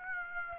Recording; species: mosquito wingbeat signal from an infrared sensor; Aedes aegypti